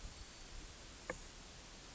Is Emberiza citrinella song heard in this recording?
no